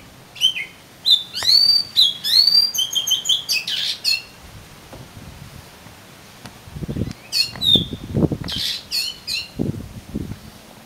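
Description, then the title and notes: Oriental magpie-robin song, quick sequences of slurred whistles and harsh notes in two bursts, with low thumping sounds in the background during the second half. "suara kacer. kumpulan suara burung kacer"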